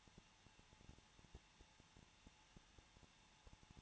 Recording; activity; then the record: daily activity, microphone in the room; no activity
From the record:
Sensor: 1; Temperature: 20.0 degrees Celsius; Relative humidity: 39.4%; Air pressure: 1006.4 hPa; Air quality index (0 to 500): 219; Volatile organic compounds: 82 ppm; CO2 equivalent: 3625 ppm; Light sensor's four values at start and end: 1/2/1/1 and 1/2/1/1